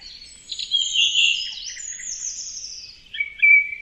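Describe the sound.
Bird giving a brief high warble followed by a thin, sharp whistled note.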